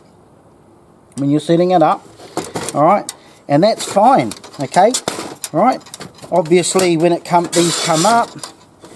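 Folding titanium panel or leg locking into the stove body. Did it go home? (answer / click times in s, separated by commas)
no / none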